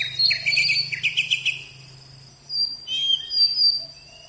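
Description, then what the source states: Oriental magpie-robin song: a quick series of buzzy, trilled notes, a pause, then clear whistled phrases, with a low hum in the first part. Champion bird.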